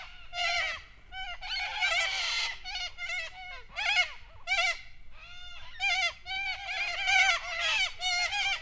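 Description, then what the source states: Cockatoos uttering loud rasping screeches, repeated harsh squawks from multiple birds in a noisy chorus. Several cockatoos, described as raucous.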